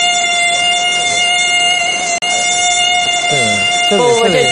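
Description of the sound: A simulated tinnitus sound: a steady high-pitched tone with strong harmonics, with brief gliding pitch sweeps near the end. It is the last of the tinnitus sounds in the demonstration.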